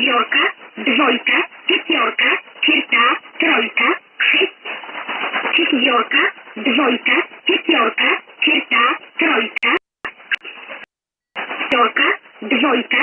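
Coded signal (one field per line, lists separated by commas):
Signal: numbers station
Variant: S11a, Czech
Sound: a voice reading short Czech number words in steady rhythm over radio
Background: radio static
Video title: 15 09 2017 Numbers station S11a Cherta to Eu 1020 on 9960 unknown tx site in USB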